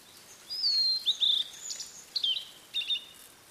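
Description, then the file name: Blue-and-white flycatcher song: sweet whistled notes, drawn-out and slightly descending, then short slurred notes and a brief buzzy ending. "oruri"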